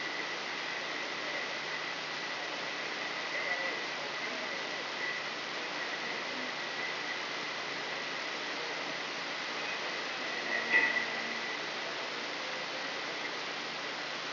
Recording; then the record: brain microelectrode recording played as sound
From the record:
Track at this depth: inside the subthalamic nucleus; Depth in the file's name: 3.708 mm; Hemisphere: left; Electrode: 3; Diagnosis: Parkinson's disease